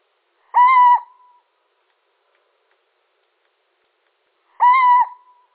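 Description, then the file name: Little owl calls: two steady, slightly nasal hoots near the same pitch, each with a short trailing tail, about four seconds apart in otherwise silent surroundings. Male. "Sycek obecny samec"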